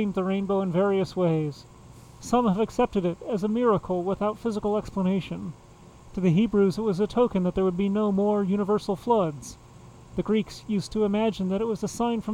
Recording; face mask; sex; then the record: reading aloud; surgical mask; male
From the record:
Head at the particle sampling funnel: facing it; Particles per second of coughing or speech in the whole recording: 0.0544